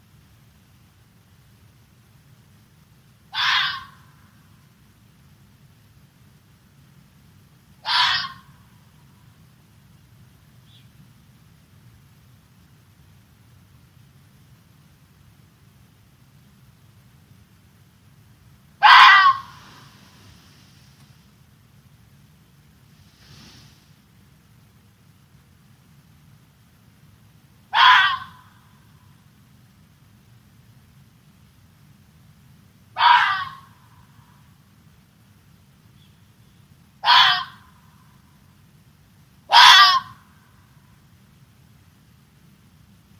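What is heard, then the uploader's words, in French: Night in a black marble quarry, with short, harsh screeching calls from a large owl such as the Eurasian eagle-owl, repeated every four to nine seconds and coming closer together toward the end. A steady low hum sits underneath throughout. Vie nocturne dans la Carrière du Marbre Noir. Les nuits d’Aout sont propices pour entendre et quelquefois observer de grands rapaces nocturnes comme le Grand-duc d’Europe, qui nichent dans ou à proximité de la carrière.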